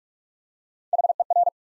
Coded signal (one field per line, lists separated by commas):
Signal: Morse code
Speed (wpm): 44 wpm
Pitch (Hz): 700 Hz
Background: none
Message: HER